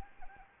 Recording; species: mosquito wingbeat signal from an infrared sensor; Anopheles arabiensis